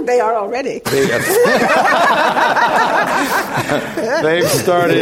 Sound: laughter

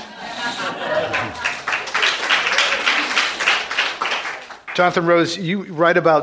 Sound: applause

